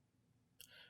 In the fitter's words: An audible click can be heard when the blade is locked into place.